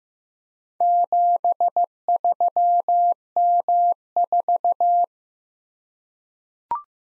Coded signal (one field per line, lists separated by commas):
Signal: Morse code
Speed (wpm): 15 wpm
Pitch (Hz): 700 Hz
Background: none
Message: 73M4